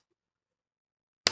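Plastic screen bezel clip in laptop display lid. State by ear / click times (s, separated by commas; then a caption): released / 1.3 s. On a Gateway NV53 laptop, fingers pry the plastic front bezel off the display lid until a plastic retaining clip pops free. After near silence, a single sharp, bright snap sounds at 1.3 s, and the clip is released.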